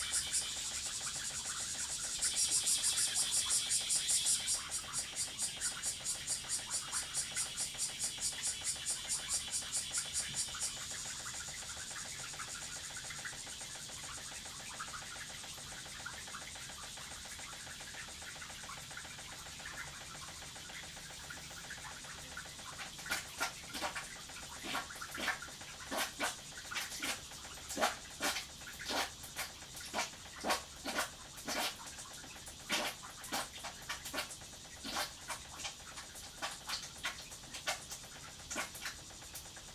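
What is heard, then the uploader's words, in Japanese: A garden with a washing machine running, its low, steady hum lasting throughout. For the first ten seconds a bright, rapidly pulsing buzz sits on top, then fades away. From about 23 seconds, sharp irregular clicks and taps come thick and fast until the end. 洗濯機が止まるまで庭を録ってみた。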